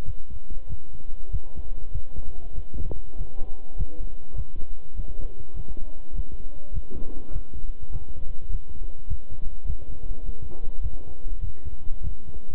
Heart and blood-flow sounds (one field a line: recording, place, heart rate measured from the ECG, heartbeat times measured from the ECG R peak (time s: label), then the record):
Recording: heart sounds by stethoscope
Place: between the tricuspid and mitral areas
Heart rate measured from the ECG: 100 bpm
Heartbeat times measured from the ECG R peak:
0.03 s: heartbeat
0.67 s: heartbeat
1.29 s: heartbeat
1.91 s: heartbeat
2.53 s: heartbeat
3.15 s: heartbeat
3.75 s: heartbeat
4.34 s: heartbeat
4.94 s: heartbeat
5.54 s: heartbeat
6.13 s: heartbeat
6.72 s: heartbeat
7.31 s: heartbeat
7.90 s: heartbeat
8.49 s: heartbeat
9.06 s: heartbeat
9.65 s: heartbeat
10.23 s: heartbeat
10.80 s: heartbeat
11.39 s: heartbeat
12.01 s: heartbeat
From the record:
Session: walking at 3.7 km/h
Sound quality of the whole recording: good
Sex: male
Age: 26 years